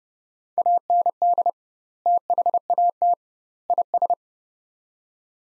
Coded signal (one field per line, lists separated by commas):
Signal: Morse code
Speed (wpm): 32 wpm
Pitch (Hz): 700 Hz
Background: none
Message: AND THAT IS